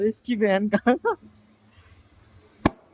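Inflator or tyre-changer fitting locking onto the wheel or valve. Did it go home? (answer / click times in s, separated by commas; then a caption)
yes / 2.7 s. During a tyre change on an Isuzu D-Max pickup, someone talks, then an inflator or tyre-changer fitting is pushed or clamped onto the wheel or valve. A sharp metallic click sounds at 2.7 seconds as it locks into place.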